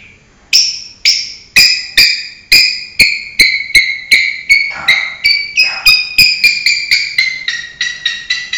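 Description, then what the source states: Long-tailed shrike delivering a rapid series of strident, slightly buzzy notes, each with a sharp click at its start, about two per second and gradually quickening. Banyuwangi cendet, full isian, used as a masteran tutor recording.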